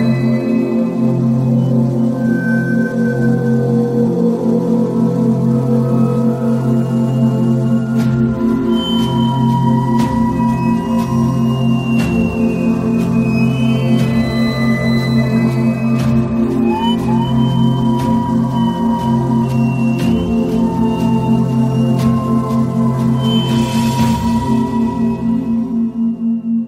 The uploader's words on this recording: Focus sounds, Binaural Beats Concentration sounds.